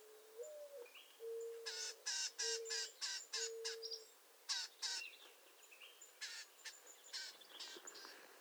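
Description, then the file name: Bell's Vireo scratchy, nasal call notes in rapid irregular runs, with several low, even whistled tones at the start and underneath, growing fainter toward the close. "Bell's Vireo - Vireo bellii"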